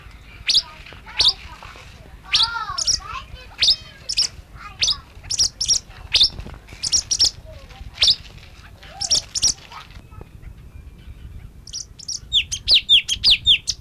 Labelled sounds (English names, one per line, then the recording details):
Orange-bellied Leafbird call
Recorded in captivity
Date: 1971-09-05
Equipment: Halbspur, 9,5 cm/s
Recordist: Lütgens, Hans